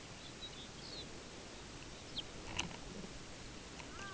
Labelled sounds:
Lapland Longspur
unidentified sound
Pacific Loon

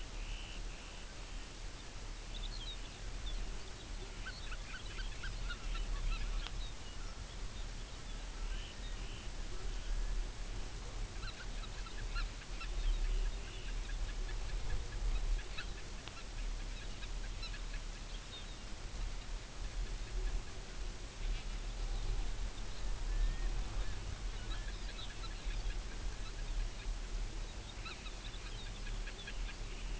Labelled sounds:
Dunlin
Lapland Longspur
Arctic Tern
unidentified sound

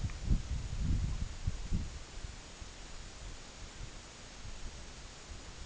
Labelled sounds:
none

